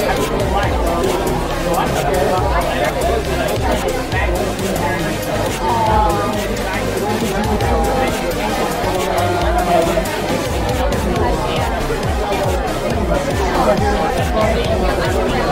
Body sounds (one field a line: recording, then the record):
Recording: background sound without coughing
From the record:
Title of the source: Nightlife Party Simulating Party Club Noise 1 Hour